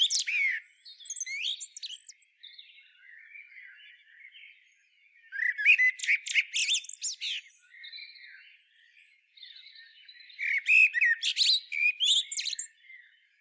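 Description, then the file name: Common blackbird song with phrases every few seconds, each a mellow low warble breaking into sharp, high, scratchy twitters, with quiet notes between. "Turdus merula"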